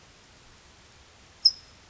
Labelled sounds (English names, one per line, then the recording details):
California Towhee
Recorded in Sonoma County, California